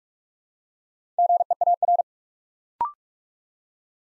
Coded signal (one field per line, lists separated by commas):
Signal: Morse code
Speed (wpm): 44 wpm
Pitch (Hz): 700 Hz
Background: none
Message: GEAR